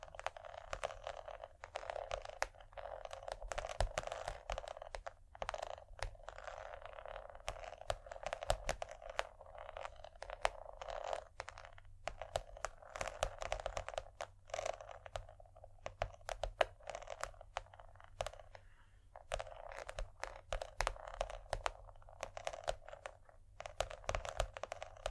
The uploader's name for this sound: Irresistible Scratchy-tapping